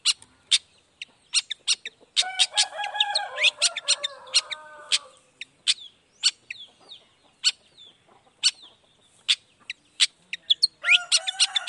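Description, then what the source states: Long-tailed shrike song: scattered sharp clicks and a long harsh, nasal, rasping phrase. Chattering resumes, then another grating burst comes near the end. Cendet in full 'gacor' song in the morning, 'toet toet' sound variation; played once to make other shrikes respond quickly and agitatedly.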